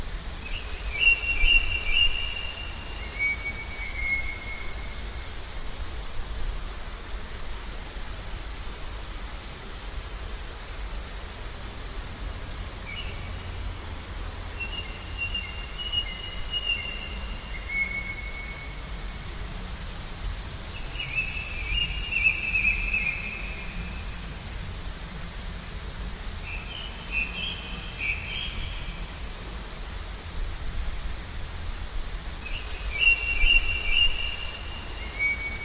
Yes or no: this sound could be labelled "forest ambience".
yes